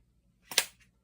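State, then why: Seated. A 12-gram CO2 cartridge is inserted into a less-lethal marker and closed until it is pierced and seated. There is a short rising rustle and then a sharp click at 0.6 s, followed by a faint trailing hiss. A small tick comes at about 0.8 s.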